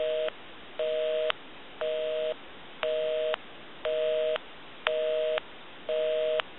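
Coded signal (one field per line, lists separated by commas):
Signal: telephone call progress tone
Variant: North America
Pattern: busy tone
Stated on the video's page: Call progress tone on a blue Western Electric Princess telephone during checkout, repair and conversion.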